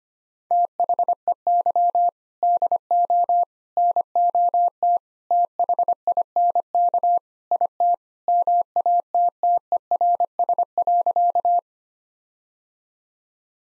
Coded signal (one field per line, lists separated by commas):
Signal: Morse code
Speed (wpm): 25 wpm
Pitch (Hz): 700 Hz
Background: none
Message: THEY DO NOT THINK IT MATTERS.